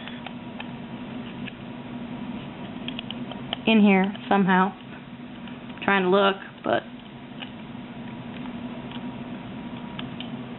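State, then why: Not seated. A plastic crystal piece from a Proplica Sailor Moon Moon Stick is fitted into its holder on the display, making light scattered taps and small plastic knocks while someone talks. The piece does not snap into place and just sits in the holder, so nothing has seated or clicked yet.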